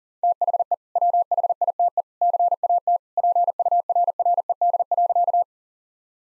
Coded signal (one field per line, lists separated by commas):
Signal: Morse code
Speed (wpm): 40 wpm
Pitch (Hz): 700 Hz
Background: none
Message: THE WHITE CAT PURRED.